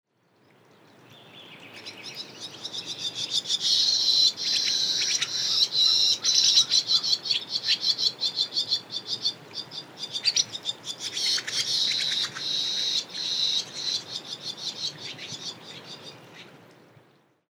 Barn Swallow song recorded at the Cub Lake Trailhead area of Rocky Mountain National Park.